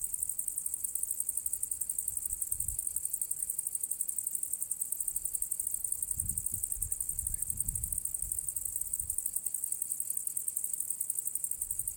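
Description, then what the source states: Cricket chorus: a steady, shrill, finely pulsed trilling throughout, over soft low rumbles at times. Recorded on the south slope of the path to the Cosilinium archaeological area; Zoom H6 recorder with MS capsule.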